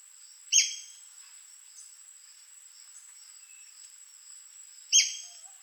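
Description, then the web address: White-crested spadebill: two abrupt, squeaky falling notes over four seconds apart, with a faint steady high tone throughout. "White crested spadebill. پرنده-بیلچه-نوک-کاکل-سفید"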